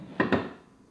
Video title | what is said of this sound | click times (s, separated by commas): Hoek Home Office Desk Bundle Unboxing and Review | It makes a very satisfying click. Did you hear that? | 0.2 s